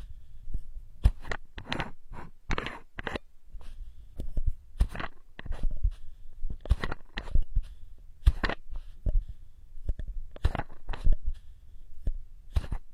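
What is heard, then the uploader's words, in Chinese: Bottle caps are tapped, twisted and clicked, producing crisp irregular bursts roughly every half second. 多种瓶盖触发音。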